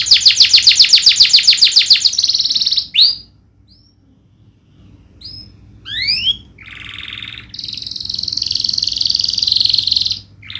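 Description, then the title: Domestic canary song opening with a fast rolling trill, a quieter gap of a few seconds with faint notes, then sharp rising sweeps and a sustained high buzzy trill running several seconds. Canary; Indonesian bird-keeping terms describe it as in full, lively song with its finest melodic phrasing and richest fill notes. "Kenari Gacor Cengkok Terbaik Isian Paling Mewah"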